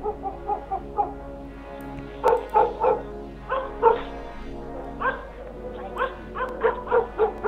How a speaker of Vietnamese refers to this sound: Các vị thầy pháp và một số người liên tục dẫn chó đen đi quanh xóm. Đang ngồi trong nhà, tôi bất chợt nghe tiếng chó sủa ầm ĩ.